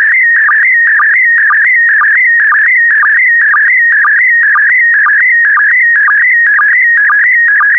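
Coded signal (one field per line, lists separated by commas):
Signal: SSTV (slow-scan television)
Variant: PD120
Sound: warbling tone sweeping mid pitch with regular short low blips, steady rhythm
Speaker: complete. You can now check your decoded image against the picture that is shown on the video.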